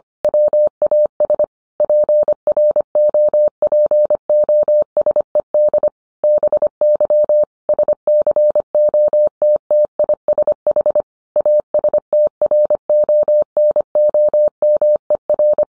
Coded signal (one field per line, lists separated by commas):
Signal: Morse code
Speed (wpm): 25 wpm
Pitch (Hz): 600 Hz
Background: none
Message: WAS PROPOSED BY SCOTTISH ASTRONOMER